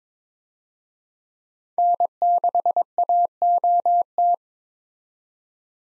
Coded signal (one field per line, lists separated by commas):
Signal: Morse code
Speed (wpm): 22 wpm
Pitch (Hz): 700 Hz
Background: none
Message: N6AOT